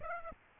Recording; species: mosquito wingbeat signal from an infrared sensor; Aedes aegypti